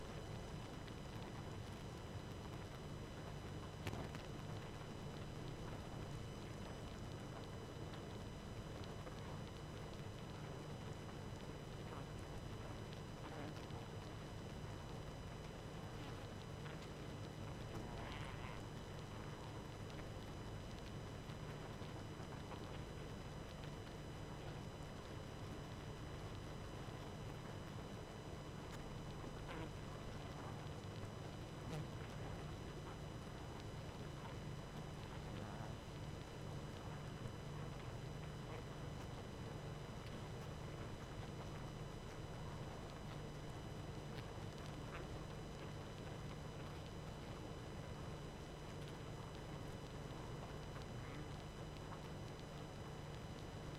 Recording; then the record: honeybee colony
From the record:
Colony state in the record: active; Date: 12 June 2018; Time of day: 23:10